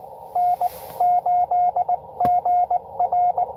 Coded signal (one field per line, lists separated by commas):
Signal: Morse code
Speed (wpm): 22 wpm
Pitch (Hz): 700 Hz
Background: radio noise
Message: N8GR